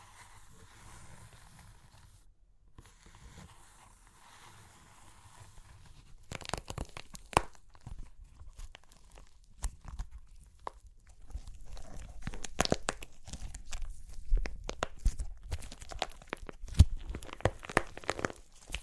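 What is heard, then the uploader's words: Crunchy clay cracking, quiet for the first six seconds with only a faint low rumble and a soft hum. After that come dense, irregular bursts of sharp crackles and snaps, growing busier and louder from about eleven seconds to the end. Super Crunchy Clay Cracking (No Talking).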